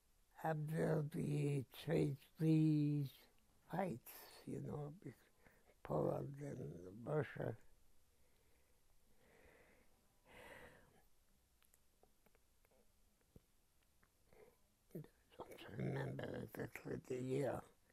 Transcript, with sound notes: Have there be chas—these fights, you know, be-- Poland and Russia -- [sighs] [pause] Didn't remember that with the year.